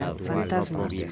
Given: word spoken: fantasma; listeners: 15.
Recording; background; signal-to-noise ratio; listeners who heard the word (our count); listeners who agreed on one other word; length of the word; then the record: one Spanish word in noise, from a listening test; four-talker babble; 0.2 dB; 3 of 15; 12 of 15; 0.72 s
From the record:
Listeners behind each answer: 12, 3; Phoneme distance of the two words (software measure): 7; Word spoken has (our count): 3 syllables, 8 phonemes, stress on syllable 2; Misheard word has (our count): 3 syllables, 9 phonemes, stress on syllable 2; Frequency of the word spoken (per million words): 17.69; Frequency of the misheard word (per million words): 14.86